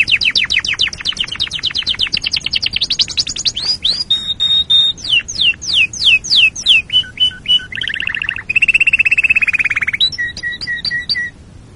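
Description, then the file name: Canary song with rapid repeated whistled notes, sweeping up and down, shifting to a low rolling trill and ending in short high chirps. "canarysong omkicau"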